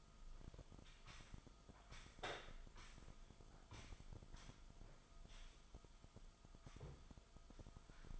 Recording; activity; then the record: daily activity, microphone in the room; sweep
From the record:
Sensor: 5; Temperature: 24.0 degrees Celsius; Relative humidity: 36.6%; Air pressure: 1004.8 hPa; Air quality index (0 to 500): 95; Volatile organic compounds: 2 ppm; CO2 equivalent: 1146 ppm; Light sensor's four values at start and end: 35/81/32/31 and 34/80/32/31